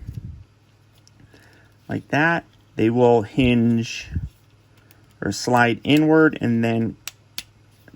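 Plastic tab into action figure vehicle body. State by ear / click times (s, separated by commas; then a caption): seated / 7.4 s. A plastic tab is tapped into its slot on a toy action figure's vehicle body while someone talks. A sharp snap at 7.4 s marks the tab seating and locking into place.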